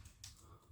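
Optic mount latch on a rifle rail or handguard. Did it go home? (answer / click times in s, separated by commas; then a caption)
yes / 0.2 s. A metal latch on an optic mount is lowered onto a rifle rail or handguard, giving a sharp metallic click at 0.2 s against low background hum. The latch locks down, leaving the mount seated with no side-to-side movement.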